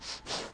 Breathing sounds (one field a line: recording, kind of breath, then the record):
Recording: one breath in and out by a microphone near the nose and mouth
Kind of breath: strong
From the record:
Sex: male